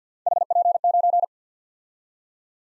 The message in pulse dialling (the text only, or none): none